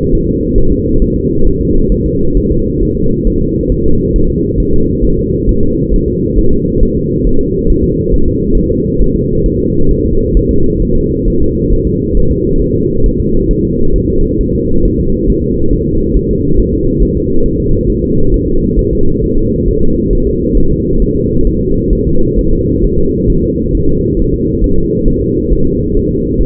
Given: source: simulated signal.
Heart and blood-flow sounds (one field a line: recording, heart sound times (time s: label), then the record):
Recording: fetal heart sounds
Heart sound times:
0.15 s: S1
0.29 s: S2
0.58 s: S1
0.72 s: S2
1.02 s: S1
1.16 s: S2
1.47 s: S1
1.61 s: S2
1.92 s: S1
2.06 s: S2
2.37 s: S1
2.52 s: S2
2.83 s: S1
2.97 s: S2
3.27 s: S1
3.42 s: S2
3.72 s: S1
3.86 s: S2
4.16 s: S1
4.30 s: S2
4.60 s: S1
4.74 s: S2
5.05 s: S1
5.19 s: S2
5.49 s: S1
5.63 s: S2
5.94 s: S1
6.08 s: S2
6.38 s: S1
6.53 s: S2
6.83 s: S1
6.97 s: S2
7.27 s: S1
7.41 s: S2
7.70 s: S1
7.84 s: S2
8.14 s: S1
8.28 s: S2
8.57 s: S1
8.72 s: S2
9.01 s: S1
9.16 s: S2
9.46 s: S1
9.60 s: S2
9.91 s: S1
10.06 s: S2
10.37 s: S1
10.51 s: S2
10.82 s: S1
10.97 s: S2
11.28 s: S1
11.42 s: S2
11.73 s: S1
11.87 s: S2
12.17 s: S1
12.31 s: S2
12.62 s: S1
12.76 s: S2
13.06 s: S1
13.20 s: S2
13.51 s: S1
13.65 s: S2
13.96 s: S1
14.10 s: S2
14.41 s: S1
14.55 s: S2
14.85 s: S1
15.00 s: S2
15.30 s: S1
15.44 s: S2
15.73 s: S1
15.88 s: S2
16.17 s: S1
16.31 s: S2
16.59 s: S1
16.74 s: S2
17.02 s: S1
17.17 s: S2
17.46 s: S1
17.60 s: S2
17.90 s: S1
18.04 s: S2
18.34 s: S1
18.48 s: S2
18.79 s: S1
18.93 s: S2
19.24 s: S1
19.38 s: S2
19.68 s: S1
19.83 s: S2
20.13 s: S1
20.27 s: S2
20.57 s: S1
20.72 s: S2
21.02 s: S1
21.16 s: S2
21.47 s: S1
21.61 s: S2
21.93 s: S1
22.07 s: S2
22.39 s: S1
22.53 s: S2
22.84 s: S1
22.99 s: S2
23.30 s: S1
23.44 s: S2
23.75 s: S1
23.89 s: S2
24.19 s: S1
24.34 s: S2
24.64 s: S1
24.78 s: S2
25.08 s: S1
25.22 s: S2
25.53 s: S1
25.67 s: S2
25.97 s: S1
26.11 s: S2
26.41 s: S1
From the record:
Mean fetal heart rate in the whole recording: 135 bpm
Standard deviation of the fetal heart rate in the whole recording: 3 bpm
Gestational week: 36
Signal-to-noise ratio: -17.7 dB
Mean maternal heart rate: 72 bpm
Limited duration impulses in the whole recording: present